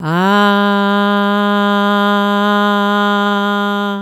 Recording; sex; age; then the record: sustained vowel /a/; female; 50 to 59 years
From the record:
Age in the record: 51 years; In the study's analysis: included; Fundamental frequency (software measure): 204 Hz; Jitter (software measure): 0.31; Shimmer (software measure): 0.57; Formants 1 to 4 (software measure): 983 Hz, 1482 Hz, 3142 Hz, 3752 Hz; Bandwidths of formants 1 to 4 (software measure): 278 Hz, 228 Hz, 288 Hz, 263 Hz